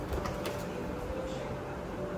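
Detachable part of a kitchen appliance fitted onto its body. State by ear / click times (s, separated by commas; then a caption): not seated / none. A detachable part of a new kitchen appliance is fitted onto the appliance's body by hand while the appliance is being tested. Only low handling noise and a steady hum are heard, and nothing has seated or clicked yet.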